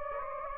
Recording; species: mosquito wingbeat signal from an infrared sensor; Anopheles gambiae